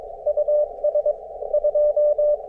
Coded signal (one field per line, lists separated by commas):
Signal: Morse code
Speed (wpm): 22 wpm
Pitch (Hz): 600 Hz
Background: none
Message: US 2